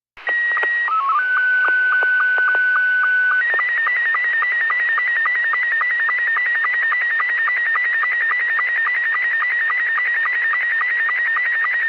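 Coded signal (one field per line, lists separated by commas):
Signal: SSTV (slow-scan television)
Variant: Scottie 2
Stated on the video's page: SSTV net on the 145.390 Lansing and 146.700 repeaters, heard via live stream.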